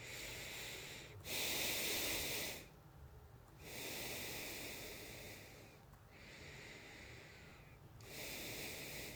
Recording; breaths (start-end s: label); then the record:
nose breathing near a microphone
0.00-1.09 s: inhalation
1.09-2.50 s: exhalation
3.38-5.82 s: exhalation
5.82-7.94 s: inhalation
7.94-9.16 s: exhalation
From the record:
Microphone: phone